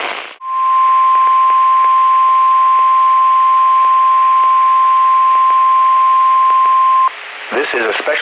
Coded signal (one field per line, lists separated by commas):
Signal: Emergency Alert System (SAME) tones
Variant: 1050 Hz attention tone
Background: speech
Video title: EAS alerts from 8/14/25 - 8/25/25 (EAS #61-70)